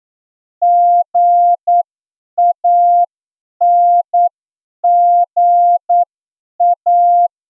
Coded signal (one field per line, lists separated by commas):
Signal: Morse code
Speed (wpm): 9 wpm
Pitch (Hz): 700 Hz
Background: none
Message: GANGA